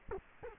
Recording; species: mosquito wingbeat signal from an infrared sensor; Culex quinquefasciatus